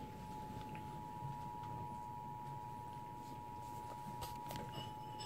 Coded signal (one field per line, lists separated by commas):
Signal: Emergency Alert System (SAME) tones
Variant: 853 and 960 Hz attention tone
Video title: TV EAS 37 - TOR 5